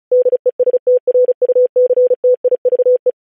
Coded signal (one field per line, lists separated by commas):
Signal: Morse code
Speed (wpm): 36 wpm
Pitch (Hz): 500 Hz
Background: none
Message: DESTRUCTIVE